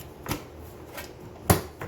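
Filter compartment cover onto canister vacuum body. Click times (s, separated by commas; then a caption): 1.5 s. After the filter is fitted, the plastic filter compartment cover of a Miele C1 Classic Pure Suction canister vacuum is folded back over the compartment onto the vacuum body. A light tap at 0.3 s comes first, then the cover closes with a sharp, loud snap at 1.5 s, followed by a softer knock at 1.8 s. The cover is snapped shut and seated.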